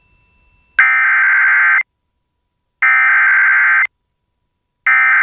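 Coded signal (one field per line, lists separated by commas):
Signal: Emergency Alert System (SAME) tones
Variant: header bursts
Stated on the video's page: NOAA Weather Radio relays carry only 1050 Hz attention tones without SAME headers; recorded from an online stream of the weather radio transmitter and an FM station's web stream.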